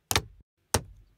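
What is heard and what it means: A crisp double-edged snap at 0.1 s, with a quick follow-up at 0.2 s, is followed by another clean snap at 0.7 s. Each is the firm lock of a hard case seating onto its holder, with near silence between.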